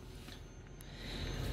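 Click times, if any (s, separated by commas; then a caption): 0.7 s, 0.8 s. The plastic toilet waste cassette of a Chausson Titanium 627 GA motorhome is lined up and slid back into its bay until the orange locking handle snaps back into place. Two short clicks land at 0.7 s and 0.8 s over a steady low background hum that grows slightly louder toward the end. The cassette is seated and locked, secure for transit.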